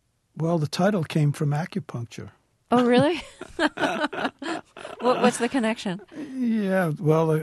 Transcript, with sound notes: Well, the title came from acupuncture.
Oh, really?
(SOUNDBITE OF LAUGHTER)
What's the connection?
Yeah.